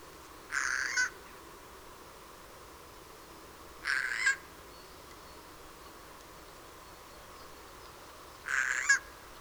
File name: Eichelhäher Gesang